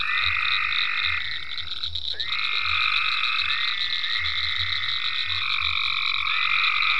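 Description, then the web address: A chorus of frogs with sustained overlapping trills that start and stop every second or two, over a constant high drone and soft low croaking. Several frogs in ponds at Venaura farm, recorded 27 May 2010. "ecolandtech venaurafarm frogs-in-ponds 5-27-010-Frogs"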